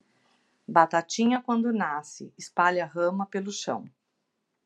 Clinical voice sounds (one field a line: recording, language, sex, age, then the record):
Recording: short text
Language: Brazilian Portuguese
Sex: female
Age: 50 to 59 years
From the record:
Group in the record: control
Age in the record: 59 years